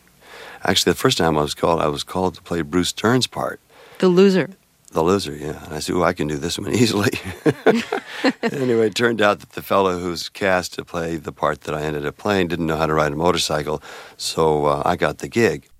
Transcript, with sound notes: and actually, the first time I was called, I was called to play Bruce Dern's part.
The Loser.
The Loser, yeah. I said, well, I can do this one easily.
(LAUGHTER)
Anyway, it turned out that the fellow who was cast to play the part that I ended up playing didn't know how to ride a motorcycle, so I got the gig.